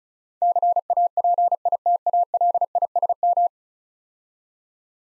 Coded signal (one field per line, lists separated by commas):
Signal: Morse code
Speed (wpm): 36 wpm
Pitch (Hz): 700 Hz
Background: none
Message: CAPITALISM